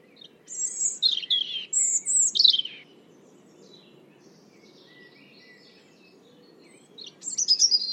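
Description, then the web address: European robin delivering a high, sparkling warbled phrase of quick varied notes, then quiet, then the start of another phrase at the end. "Deverinetal 2025"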